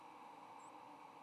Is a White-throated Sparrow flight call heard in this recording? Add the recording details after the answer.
no. Another species' flight call is heard. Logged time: 08:22 on 8 November 2014